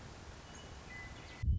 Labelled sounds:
Western Meadowlark
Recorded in Sonoma County, California

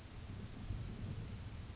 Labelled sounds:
Grasshopper Sparrow
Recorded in Sonoma County, California

